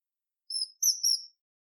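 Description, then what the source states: Common kingfisher calling with piercing, thin high whistles: one drawn note, then a longer pair run together, all flat and shrill. Recorded 22 July 2022.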